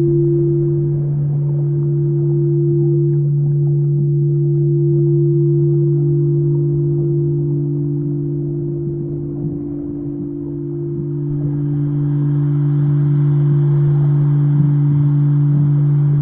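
Singing bowls sustain a deep, steady low drone with a second ringing tone above it, holding without pause for the whole stretch. A faint high shimmer joins in after about eleven seconds, while a soft rumble and light crackle sit underneath.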